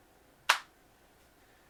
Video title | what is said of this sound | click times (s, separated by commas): Apple AirPods Max - HIGH ENERGY REVIEW & TIPS "it Beats the Competition..." Sony / Bose / Beats | nicely snaps in place | 0.5 s